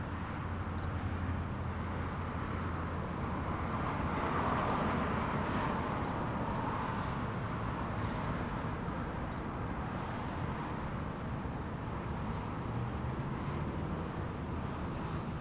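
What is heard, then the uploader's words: Steady traffic rolls past on a busy road, a continuous wash of engine and tire noise with a low rumble underneath. Around four to six seconds a louder vehicle swells brighter before fading back into the even flow. Sitting in the shade at Independence Shopping Center. Featuring traffic from East Independence Boulevard, some exceptionally loud cars, and brief moments of quiet.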